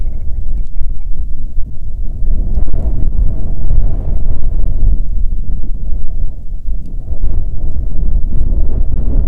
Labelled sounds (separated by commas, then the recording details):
grouse or ptarmigan, wind, rain
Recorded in the Prudhoe Bay oil fields, Alaska, on 5 June 2019 at 00:02
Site 13